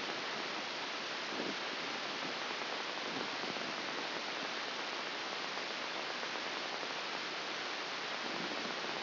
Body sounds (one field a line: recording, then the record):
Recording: brain microelectrode recording played as sound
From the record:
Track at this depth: inside the subthalamic nucleus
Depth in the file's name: 3.898 mm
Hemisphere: left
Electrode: 2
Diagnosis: Parkinson's disease